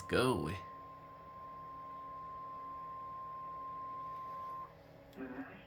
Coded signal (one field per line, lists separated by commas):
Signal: Emergency Alert System (SAME) tones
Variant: 1050 Hz attention tone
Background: speech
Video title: eas flash flood warning partial on my nwr and my tv Eas#206 Eas#207